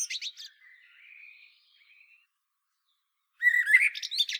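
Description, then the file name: Common blackbird song fragments: a scratchy high ending, a soft drawn-out warble, a pause, then a fresh fluted phrase with squeaky high notes. "Turdus merula"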